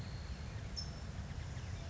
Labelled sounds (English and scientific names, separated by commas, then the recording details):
California Towhee (Melozone crissalis)
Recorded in Sonoma County, California